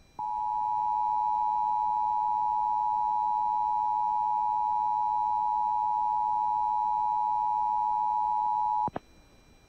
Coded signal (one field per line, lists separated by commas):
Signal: Emergency Alert System (SAME) tones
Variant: 853 and 960 Hz attention tone